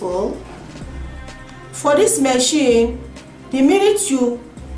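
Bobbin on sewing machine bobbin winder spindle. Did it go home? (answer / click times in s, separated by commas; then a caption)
no / none. A bobbin sits on a sewing machine's bobbin winder spindle, where it is meant to be pushed over against the stop so the winder latches over and the needle no longer moves. In this clip it is still being handled while someone talks over a steady low background with music, and nothing has seated or clicked yet.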